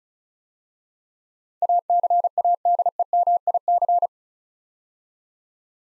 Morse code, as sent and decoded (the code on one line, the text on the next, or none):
.- -.-. .- -.. . -- .. -.-.
ACADEMIC